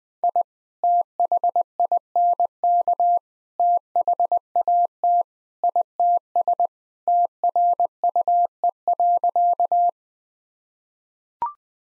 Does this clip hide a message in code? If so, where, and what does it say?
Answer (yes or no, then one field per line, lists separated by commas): yes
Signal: Morse code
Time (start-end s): 0.2-9.9 s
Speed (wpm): 20 wpm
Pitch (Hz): 700 Hz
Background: none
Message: I THINK THAT ITS TRUE.